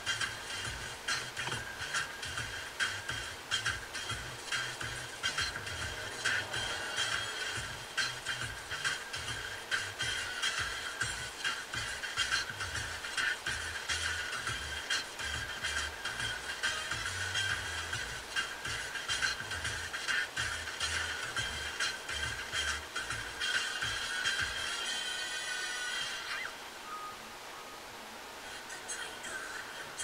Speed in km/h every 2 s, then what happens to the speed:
8, 8, 6, 6, 6, 7, 7, 7, 8, 8, 7, 5, 4, 4, 4.
0-30 steady at about 7.